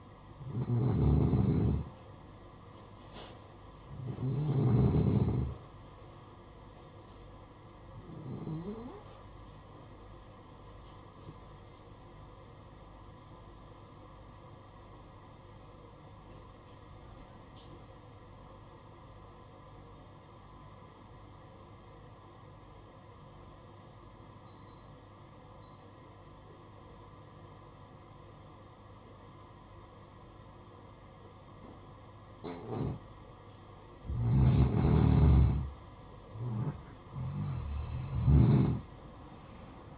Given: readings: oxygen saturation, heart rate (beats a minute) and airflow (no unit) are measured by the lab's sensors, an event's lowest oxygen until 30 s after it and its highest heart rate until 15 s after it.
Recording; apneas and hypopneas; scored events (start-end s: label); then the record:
breathing in sleep by a smartphone at the bedside; 1
15.00-35.00 s: obstructive apnea (N2, oxygen 94% highest, then 89% lowest, heart rate 59 at the start, 68 highest)
From the record:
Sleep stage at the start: N2 (light sleep); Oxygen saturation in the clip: 91 to 94%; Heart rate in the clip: 56 to 64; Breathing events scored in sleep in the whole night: 573 in 9.8 hours asleep